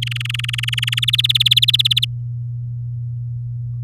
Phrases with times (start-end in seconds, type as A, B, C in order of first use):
0.02-1.00 A, 1.02-2.05 B